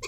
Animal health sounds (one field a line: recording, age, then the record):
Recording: pig call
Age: weaner (32 to 43 days)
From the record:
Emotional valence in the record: negative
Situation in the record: novel object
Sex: female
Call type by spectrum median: high-frequency call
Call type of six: high-frequency stable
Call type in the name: high-frequency stable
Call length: 0.08 s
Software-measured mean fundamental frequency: 274 Hz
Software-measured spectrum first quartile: 1179 Hz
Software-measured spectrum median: 2580 Hz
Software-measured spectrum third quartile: 5492 Hz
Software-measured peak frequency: 393 Hz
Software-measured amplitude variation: 67 dB a second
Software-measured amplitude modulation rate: 6.4 a second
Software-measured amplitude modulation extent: 10.5 dB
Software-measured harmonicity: 0.9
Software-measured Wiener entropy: -3.03